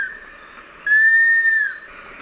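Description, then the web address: Long-billed Woodcreeper whistled call: one long, clear, even note that rises slightly and then eases down, lasting nearly a second, against faint background hiss. Eastern lowlands of South America. "Natures Songs S America Eastern Lowlands. Long-billed Woodcreeper"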